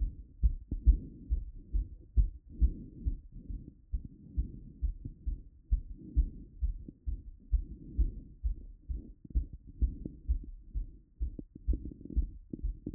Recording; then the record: heart sounds by stethoscope after running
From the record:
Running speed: 7 mph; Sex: male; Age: 20 to 29 years